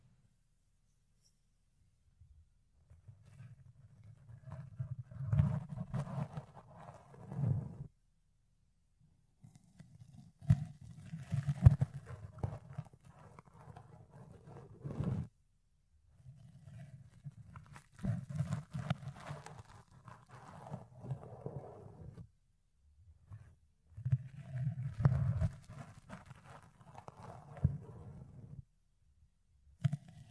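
Fluffy ear cleaning, with muffled low rumbling and soft crackly scratching as the pick works the ear. The sound comes in long strokes of several seconds each, separated by short silences, about five passes in all, with sharper clicks and rustles scattered through each stroke.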